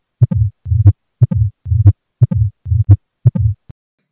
A mid-diastolic murmur, best heard at the tricuspid area.